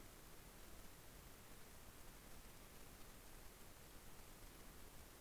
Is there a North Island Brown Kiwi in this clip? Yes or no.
no